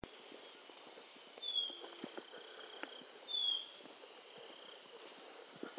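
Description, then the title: Blue-naped Chlorophonia uttering two brief high whistles, each dropping slightly in pitch, roughly two seconds apart, against continuous insect buzzing and faint ticking. "LuckyPassaro Completos2Sama. Blue-naped Chlorophonia (Chlorophonia cyanea)"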